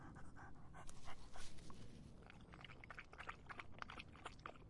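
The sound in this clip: Dog drinking, rapid wet lapping strokes in an uneven run, louder early on then continuing more softly over a low rumble.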